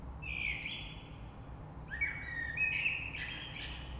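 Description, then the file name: Common blackbird song of two phrases: a short fluty whistle, then a longer warbling run rising into thin, high twitters. Recorded 3 March 2020. "Rush Merle"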